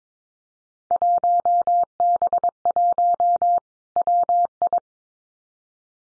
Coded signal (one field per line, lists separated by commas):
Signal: Morse code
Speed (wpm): 22 wpm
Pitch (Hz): 700 Hz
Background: none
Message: 1B1 WI